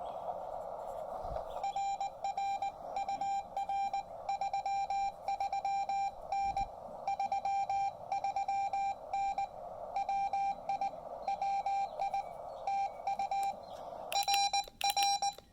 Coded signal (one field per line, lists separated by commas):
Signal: Morse code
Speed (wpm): 19 wpm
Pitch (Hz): 810 Hz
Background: none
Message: RR UR 33N 33N WI WI TU RR